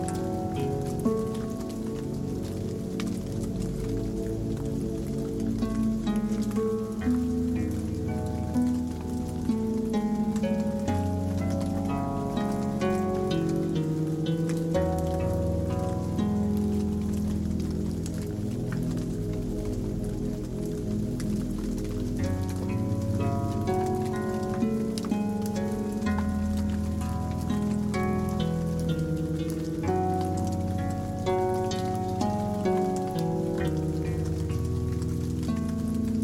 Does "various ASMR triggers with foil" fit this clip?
no